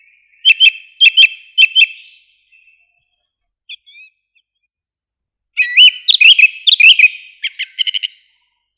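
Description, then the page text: Song thrush song: a bright note repeated in pairs, a pause, then a dense burst of varied sharp and whistled notes, some repeated several times. "Пение птиц - Дрозд певчий"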